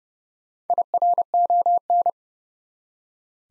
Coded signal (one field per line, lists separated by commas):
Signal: Morse code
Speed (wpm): 30 wpm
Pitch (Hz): 700 Hz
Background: none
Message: IRON